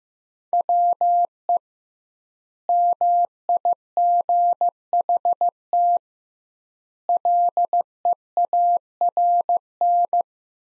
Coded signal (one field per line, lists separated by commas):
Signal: Morse code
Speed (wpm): 16 wpm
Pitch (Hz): 700 Hz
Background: none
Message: WE MIGHT LEARN